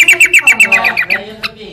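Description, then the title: Sooty-headed bulbul calls: a quick series of short, slightly falling chirps, then one sharp higher note. "Kutilang"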